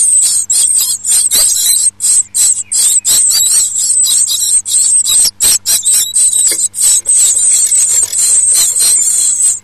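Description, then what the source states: Bird calls: dense, continuous high hissing and rasping chatter with brief irregular gaps, over a low steady electrical hum. In a nest box on 14 May 2006 at 18:59.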